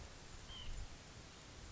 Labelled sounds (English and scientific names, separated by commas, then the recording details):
White-breasted Nuthatch (Sitta carolinensis)
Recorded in Sonoma County, California